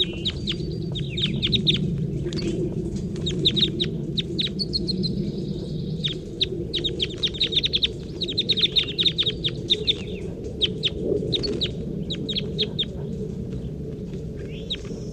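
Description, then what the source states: Crossbill calls, a busy series of short sharp chip notes in bursts, several birds calling together over a steady low rumble. Captive birds calling, recorded as a final sample before a hillside net site was packed up.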